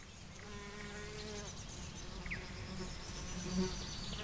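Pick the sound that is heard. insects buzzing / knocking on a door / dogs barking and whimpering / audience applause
insects buzzing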